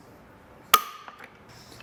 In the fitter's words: you've got that measurement all set you can come back through and tighten down that bolt fully until you hear some clicks from your tool letting us know it's torqued down properly